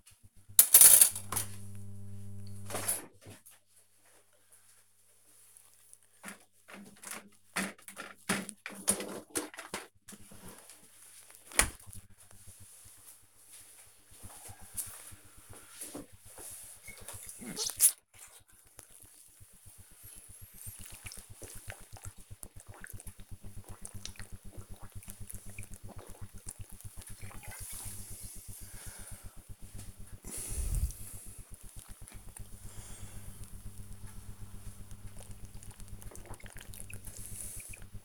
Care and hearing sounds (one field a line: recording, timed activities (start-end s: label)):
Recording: household activities, microphone on the right wrist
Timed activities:
0.00-10.48 s: cleaning out the dishwasher
16.52-38.05 s: drinking